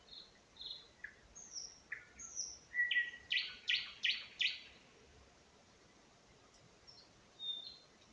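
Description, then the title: Nightingale song: varied whistled notes and short slurs, then a loud run of rapid repeated buzzy phrases, followed by quieter scattered notes. Singing in spring near Huncha, Vinnytsia Oblast, Ukraine. "Unnamed Road, Гунча, Вінницька область, Україна, 23724-Spring, nightingale singing"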